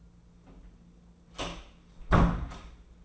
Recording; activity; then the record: daily activity, microphone in the room; close door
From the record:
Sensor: 1